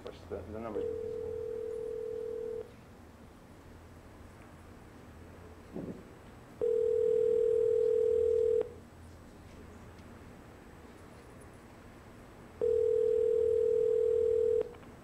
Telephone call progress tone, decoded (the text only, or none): ringback tone